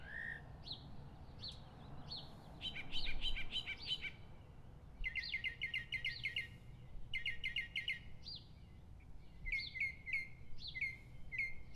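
Northern mockingbird song: a string of varied phrases, each repeated in quick bursts, with chattering notes and sharp rising whistles changing every few seconds.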